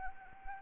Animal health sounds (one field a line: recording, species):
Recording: mosquito wingbeat signal from an infrared sensor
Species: Anopheles arabiensis